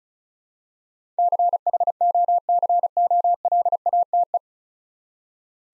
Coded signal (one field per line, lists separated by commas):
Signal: Morse code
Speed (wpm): 36 wpm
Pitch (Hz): 700 Hz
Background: none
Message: CHOCOLATE